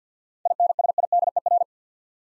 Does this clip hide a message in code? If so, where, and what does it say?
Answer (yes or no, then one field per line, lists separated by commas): yes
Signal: Morse code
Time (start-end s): 0.5-1.6 s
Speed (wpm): 49 wpm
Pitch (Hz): 700 Hz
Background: none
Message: INSIDER